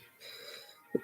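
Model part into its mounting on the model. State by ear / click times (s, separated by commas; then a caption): seated / 1.0 s. A part of a model is pressed into its mounting on the model over quiet background music. A single sharp, short click sounds at 0.9 s, and the part is seated in place.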